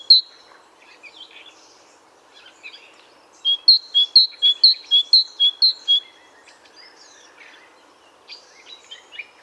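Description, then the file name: Great tit singing a quick run of several ringing two-note phrases mid-way, with faint scattered chirps before and after. "Parus major"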